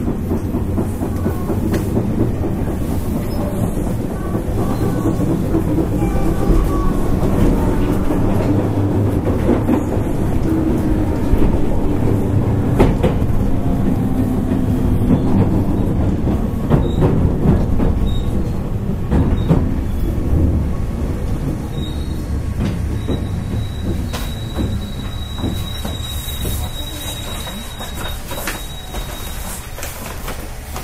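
A 221 series electric train runs along, its steady low rumble filling the clip with dense, continuous rolling noise. Sharp clicks and knocks from the wheels recur irregularly throughout, and a thin high whine appears near the end as the sound eases slightly.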